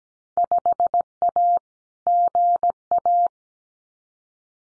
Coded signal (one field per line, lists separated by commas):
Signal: Morse code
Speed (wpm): 17 wpm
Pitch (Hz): 700 Hz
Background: none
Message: 5A GA